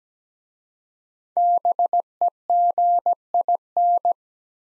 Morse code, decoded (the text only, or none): BEGIN